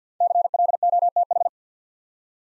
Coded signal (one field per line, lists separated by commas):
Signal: Morse code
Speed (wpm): 53 wpm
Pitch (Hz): 700 Hz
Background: none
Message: CLOTH